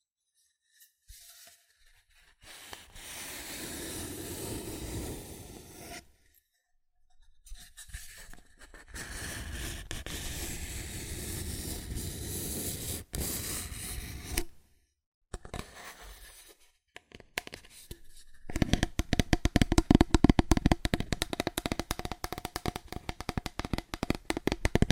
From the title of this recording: ASMR Fast Aggressive Cardboard Tapping